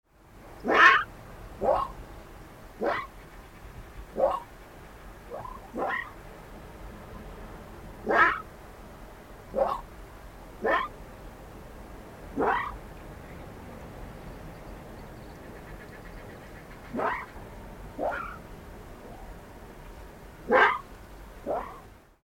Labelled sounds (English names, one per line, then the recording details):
Arctic Fox
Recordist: Frommolt, Karl-Heinz
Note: Rufe von etwa 6 Wochen alten Welpen